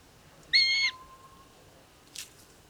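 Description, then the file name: Eurasian jay giving a single short harsh nasal call with stacked harmonics, then a brief faint noisy sound after a pause; soft hiss throughout. "Garrulus glandarius"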